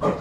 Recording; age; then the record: pig call; growing-finishing pig (85 days or more)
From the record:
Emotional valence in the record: positive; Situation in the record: run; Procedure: transit